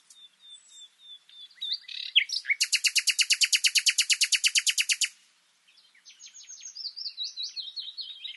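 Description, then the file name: Common nightingale song opening with thin whistles, building to a loud, even, machine-gun rattle lasting about two and a half seconds, then quick rising and falling warbled notes. "Luscinia megarhynchos"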